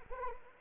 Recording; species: mosquito wingbeat signal from an infrared sensor; Anopheles arabiensis